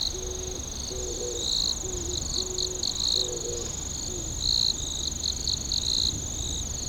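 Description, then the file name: Insect song: high buzzy bursts of varying length over a steady thin trill, with short low twangy notes heard in the first four seconds and a constant hum beneath. "singing of insect"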